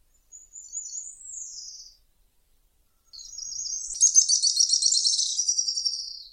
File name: canto do grimpeiro